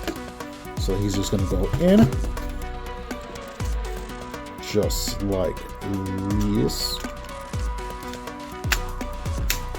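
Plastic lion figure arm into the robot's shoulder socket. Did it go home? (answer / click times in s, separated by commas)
yes / 8.7 s, 9.5 s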